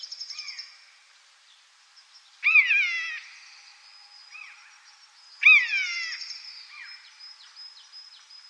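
Common buzzard giving two loud, drawn-out mewing calls that drop in pitch, with fainter mews between and a thin, steady high whine throughout.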